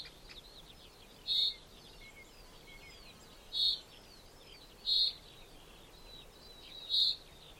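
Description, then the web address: Common chaffinch uttering four short, bright call notes at uneven intervals over a background of thin bird whistles and soft noise. "Deverinetal 2025 File origin Bird Only Fr Co"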